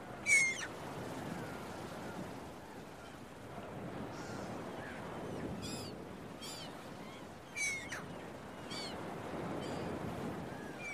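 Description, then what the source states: Scattered harsh gull-like calls, two louder and several faint, rise above a constant roar of waves on the shore. Seagulls at a beach with waves, recorded early in the morning.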